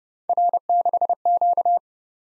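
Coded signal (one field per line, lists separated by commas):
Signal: Morse code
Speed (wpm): 30 wpm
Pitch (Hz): 700 Hz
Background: none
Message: R6Q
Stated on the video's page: Morse code head-copy drill at 30 wpm: random three-character letter-number groups, each sent, spoken, then sent again.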